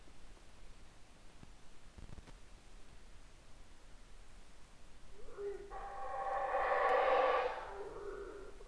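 Howler monkey howl rising after about five quiet seconds into a rough, swelling roar that tails off into softer grumbling.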